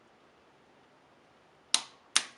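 A torque wrench tightens the second crank arm pinch bolt and clicks at its setting at 1.7 s, confirming the bolt is torqued. A second sharp click follows at 2.2 s, after a quiet stretch of low background noise.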